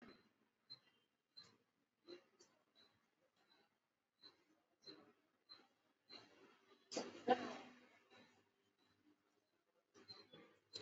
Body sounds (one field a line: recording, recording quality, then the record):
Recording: shallow breathing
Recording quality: moderate, slight background noise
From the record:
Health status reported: exposed to COVID-19, no respiratory illness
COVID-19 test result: not tested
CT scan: not taken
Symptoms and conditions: none ticked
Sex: male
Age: 22 years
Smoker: no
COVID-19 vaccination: both doses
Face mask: not worn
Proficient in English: yes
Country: India